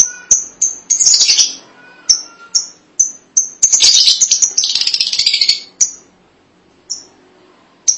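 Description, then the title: Lovebird uttering sharp, clipped high chirps at irregular intervals with two bursts of harsh, buzzy chatter between them. "BM Suara Burung Lovebird"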